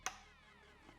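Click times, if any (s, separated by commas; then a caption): 0.1 s. The prime valve lever on a Tritech T4 airless paint sprayer is pushed gently all the way down to release pressure, and it clicks into place at 0.1 s with a single sharp click. A quiet, steady background follows, with a faint soft tick near 0.9 s.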